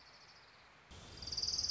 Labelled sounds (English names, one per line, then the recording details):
Orange-crowned Warbler
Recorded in Sonoma County, California